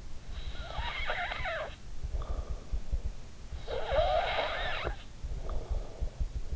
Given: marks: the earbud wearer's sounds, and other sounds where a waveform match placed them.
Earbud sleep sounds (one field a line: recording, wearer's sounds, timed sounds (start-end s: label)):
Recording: sounds in sleep by an in-ear microphone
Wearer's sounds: snoring breath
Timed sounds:
0.28-2.94 s: snoring breath
3.42-6.56 s: snoring breath